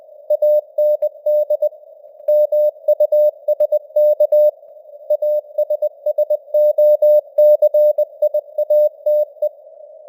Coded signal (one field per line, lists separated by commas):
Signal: Morse code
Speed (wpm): 20 wpm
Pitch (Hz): 600 Hz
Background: none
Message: AND MUSK ASSOCIATE